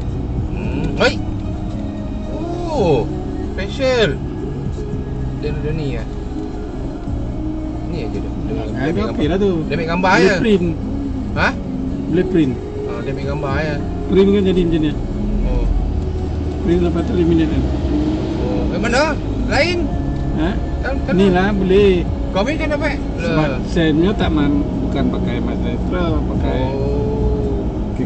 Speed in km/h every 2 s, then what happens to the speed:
25, 6, 7, 5, 7, 7, 3, 5, 12, 21, 26, 30, 34, 41.
0-2 brakes to 6. 2-13 steady at about 6. 13-28 speeds up to 41.